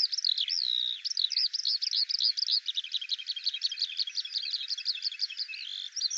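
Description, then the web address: Eurasian skylark singing a fast, continuous warble of short, varied high notes, chirping several times a second, with a brief buzzy phrase near the end. "Deverinetal 2025 File cleaned normalized Bird Al Ar"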